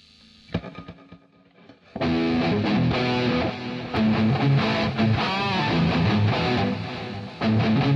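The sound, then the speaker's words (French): An electric guitar played through a Screamer distortion pedal and a psyche delay pedal: a quiet, sparse intro with a couple of plucked notes gives way around two seconds to a loud, dense distorted guitar wash with echoing repeats, sustained and thick throughout. “C'est une pédale, non? C'est une distorsion? Un délai.”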